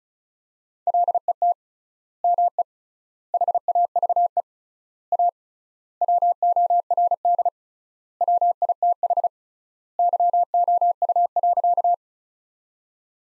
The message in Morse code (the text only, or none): LET ME HAVE A WORD WITH YOU.